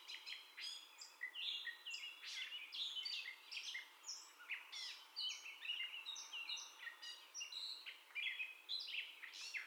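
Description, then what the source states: Gray catbird singing a long jumbled medley of short scratchy notes, whistles and chips, phrases tumbling after one another without a break. First song, recorded 30 May 2021.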